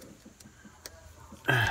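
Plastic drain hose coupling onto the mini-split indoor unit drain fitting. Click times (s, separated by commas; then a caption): 0.9 s. A ridged plastic drain hose from the factory drain kit is pushed onto the ridged drain fitting of a Carrier mini-split ductless heat pump indoor unit. Faint ticks come at 0.0 s and 0.4 s, then a sharp snap at 0.9 s as the coupling locks together so it won't come apart in the wall, and someone talks at the end. The hose is seated.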